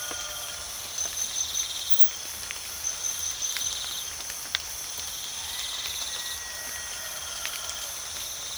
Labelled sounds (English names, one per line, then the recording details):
none
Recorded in pastures near Puerto Asís, Putumayo, Colombia, on 8 March 2025 at 04:30
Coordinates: 0.497, -76.327
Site G072